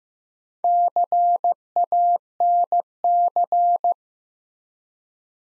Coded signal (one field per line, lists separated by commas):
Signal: Morse code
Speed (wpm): 15 wpm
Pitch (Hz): 700 Hz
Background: none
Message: CANC